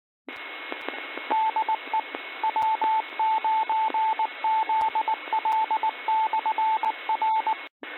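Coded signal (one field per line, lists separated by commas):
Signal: Morse code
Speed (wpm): 19 wpm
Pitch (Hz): 880 Hz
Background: radio noise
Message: DE W9ZL/R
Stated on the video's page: Received off-air from a 146.760 MHz repeater about 30 miles away, with static, on a 100 ft fan dipole inverted V and RTL-SDR dongle.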